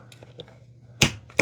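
A new replacement roller is rotated, lined up and pushed into the plastic roller holder of a MOVA Z60 robot vacuum, with faint plastic ticks along the way. A loud snap at 1.0 s marks the roller seating in place, followed by another sharp knock at about 1.4 s.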